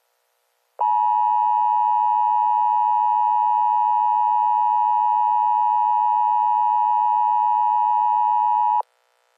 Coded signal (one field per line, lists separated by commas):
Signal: Emergency Alert System (SAME) tones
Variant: 853 and 960 Hz attention tone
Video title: EAS Scenario - An Abundance of Pokèballs (300 SUBSCRIBER SPECIAL)